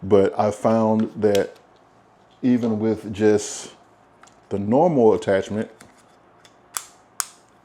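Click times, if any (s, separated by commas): 6.8 s, 7.2 s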